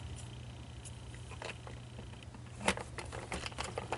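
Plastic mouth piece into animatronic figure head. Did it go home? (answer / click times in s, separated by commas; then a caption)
no / none. A plastic mouth piece that had slipped out is pushed back onto the head of a Gemmy Pop Culture Series Dean Martin animatronic figure. Over a low steady hum, a faint high tone stops near 2.2 s, then a sharp plastic knock at 2.7 s and lighter taps and rattles from 3.3 s to 3.9 s are heard. The mouth piece does not snap in, and nothing has clicked into place.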